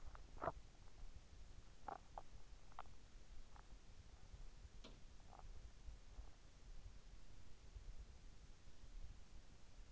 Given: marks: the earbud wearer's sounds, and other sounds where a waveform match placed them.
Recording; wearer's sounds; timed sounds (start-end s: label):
sounds in sleep by an in-ear microphone; teeth grinding
0.00-3.84 s: teeth grinding
4.58-5.60 s: sound from someone else or the room